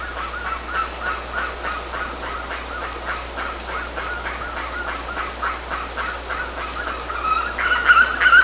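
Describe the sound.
Bird giving a rapid run of harsh, clucking calls, about three a second, growing louder and higher near the end.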